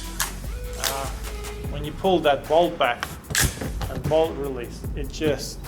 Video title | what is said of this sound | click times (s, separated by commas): WM MWS(ZET System) GBBR Gel Blaster range by X-Force Tactical | like a proper mag should and when you click it in you can just hear that click that sound just | 0.2 s